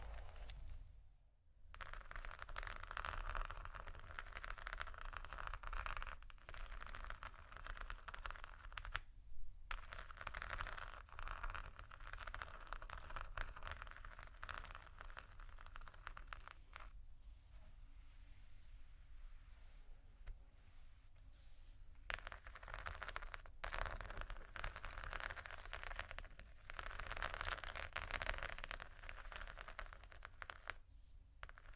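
Slow, deep, soft scratching forms a dense, rasping texture that runs almost without a break. Short pauses fall near 1, 9 and 22 seconds, and a softer stretch comes from about 17 to 22 seconds. A steady low rumble sits underneath throughout.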